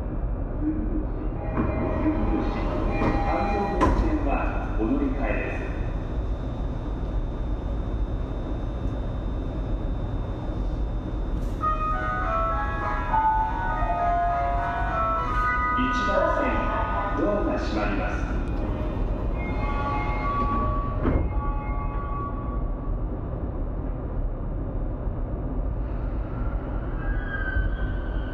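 A Tokyo train rumbles steadily underneath voices and clattering, with chiming tones and brief sharp knocks around the middle of the ride.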